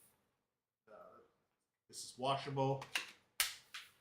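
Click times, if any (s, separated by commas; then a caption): 3.4 s. Someone talks about a washable plastic dust canister on a handheld vacuum, opened with its release button, then closes it back into the vacuum body. A sharp click at 3.4 s, followed by a softer sound around 3.8 s, confirms the canister has seated shut.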